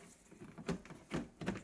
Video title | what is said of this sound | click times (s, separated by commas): Connect an M1 Ultra to an AP2 | and you push, and then there's a snap sound, you see? Did you hear that little snap? | 1.5 s